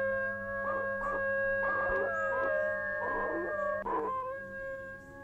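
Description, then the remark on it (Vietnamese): Late at night in a forest, a person lets out a long, drawn-out howl in imitation of a dog, holding a steady wailing pitch for several seconds with rougher, strained bursts along the way. “Tôi trong vô thức ngửa mặt lên trời, rồi chu lên theo tiếng chó chu trước sự ngỡ ngàng của mấy người.”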